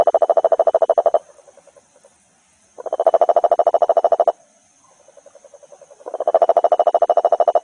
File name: Rhinella schneideri